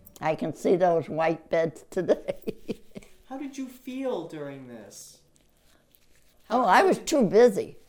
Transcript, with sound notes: I can see those white beds today. (Laughs)
How did you feel during this?
Oh, I was too busy.